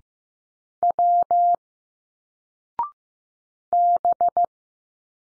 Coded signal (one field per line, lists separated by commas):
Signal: Morse code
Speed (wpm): 15 wpm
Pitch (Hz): 700 Hz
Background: none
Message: W B